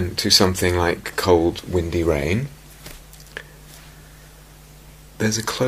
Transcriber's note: none